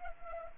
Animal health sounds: mosquito wingbeat signal from an infrared sensor; Anopheles arabiensis

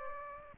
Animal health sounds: mosquito wingbeat signal from an infrared sensor; Aedes aegypti

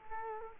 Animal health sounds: mosquito wingbeat signal from an infrared sensor; Culex quinquefasciatus

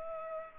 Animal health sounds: mosquito wingbeat signal from an infrared sensor; Culex pipiens

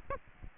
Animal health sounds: mosquito wingbeat signal from an infrared sensor; Aedes aegypti

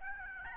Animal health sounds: mosquito wingbeat signal from an infrared sensor; Aedes albopictus

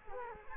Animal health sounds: mosquito wingbeat signal from an infrared sensor; Culex quinquefasciatus

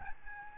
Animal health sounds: mosquito wingbeat signal from an infrared sensor; Aedes albopictus

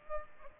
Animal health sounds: mosquito wingbeat signal from an infrared sensor; Aedes aegypti

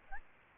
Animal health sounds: mosquito wingbeat signal from an infrared sensor; Aedes albopictus

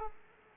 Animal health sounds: mosquito wingbeat signal from an infrared sensor; Aedes aegypti

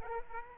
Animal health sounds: mosquito wingbeat signal from an infrared sensor; Aedes aegypti

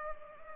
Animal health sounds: mosquito wingbeat signal from an infrared sensor; Culex pipiens

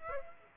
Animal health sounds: mosquito wingbeat signal from an infrared sensor; Aedes aegypti

